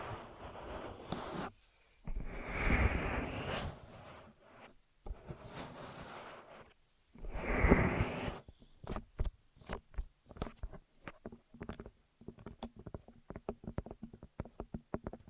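Ear massage and cleaning sounds: rough rubbing and brushing swells in bursts around 2, 5, and 7–8 seconds, with short silent gaps between. After about 8 seconds it turns into quick, irregular taps and scratchy clicks, dense and uneven to the end.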